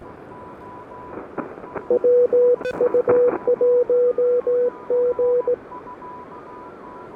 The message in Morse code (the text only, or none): WU1G